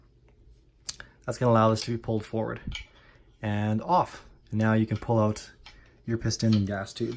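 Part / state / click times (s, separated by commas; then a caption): gas regulator rotating into its detent position on a rifle gas block / seated / 0.9 s, 1.0 s. A flathead screwdriver rotates the gas regulator cap on a rifle's gas block until the arrow faces forward. Sharp metallic clicks at 0.9 s and 1.0 s mark it seating into its small detent, and then someone talks.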